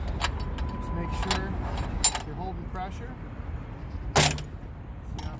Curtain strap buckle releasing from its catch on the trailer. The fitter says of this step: See how it pops?